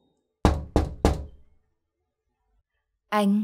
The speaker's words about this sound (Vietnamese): Ba tiếng gõ cửa vang lên.